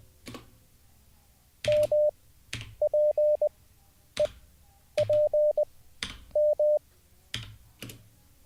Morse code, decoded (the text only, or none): M P E P M